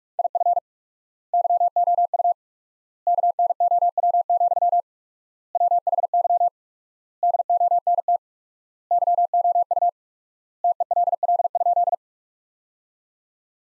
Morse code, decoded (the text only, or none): IF YOU KNOW, WHY DONT YOU TELL?